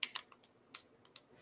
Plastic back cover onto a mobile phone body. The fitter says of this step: the cover back on now this cover snaps on you might be able to even be able to hear the snaps